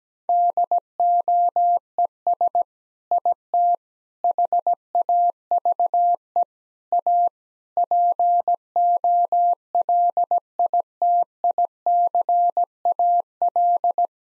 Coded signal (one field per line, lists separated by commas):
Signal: Morse code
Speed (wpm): 17 wpm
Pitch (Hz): 700 Hz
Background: none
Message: DOES IT HAVE A POLITICAL